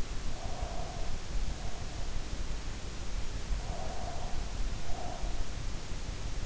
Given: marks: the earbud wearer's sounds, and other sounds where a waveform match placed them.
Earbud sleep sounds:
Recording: sounds in sleep by an in-ear microphone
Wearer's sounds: breath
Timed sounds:
0.13-2.27 s: breath
3.61-5.56 s: breath

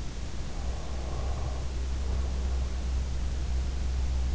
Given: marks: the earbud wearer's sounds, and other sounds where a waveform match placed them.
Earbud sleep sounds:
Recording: sounds in sleep by an in-ear microphone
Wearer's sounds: breath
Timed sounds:
0.33-3.15 s: breath

